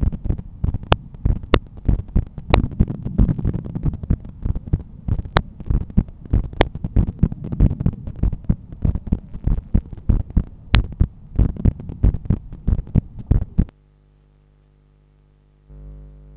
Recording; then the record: heart sounds by stethoscope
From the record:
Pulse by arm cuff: 92 bpm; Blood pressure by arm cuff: 136/87 mmHg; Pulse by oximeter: 97 bpm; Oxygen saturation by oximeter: 96%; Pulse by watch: 100 bpm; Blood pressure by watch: 127/82 mmHg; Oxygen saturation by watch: 96%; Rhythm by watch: sinus rhythm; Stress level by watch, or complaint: low stress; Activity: after dinner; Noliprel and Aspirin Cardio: no pills today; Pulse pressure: 49 mmHg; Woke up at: 7:30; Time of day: 18:30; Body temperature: 36.3 C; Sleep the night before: 9 h 22 min, score 68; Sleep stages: REM 22%, light 66%, deep 4%, awake 8%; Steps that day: 11800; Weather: sunny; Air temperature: 19.9 C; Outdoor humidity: 73%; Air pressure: 1014 hPa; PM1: 4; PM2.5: 7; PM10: 10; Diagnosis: hypertension, treated with Noliprel and Aspirin Cardio 100 mg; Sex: male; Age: 53 years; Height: 174 cm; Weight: 81 kg